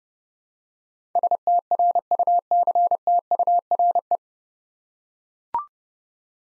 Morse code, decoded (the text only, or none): STRUCTURE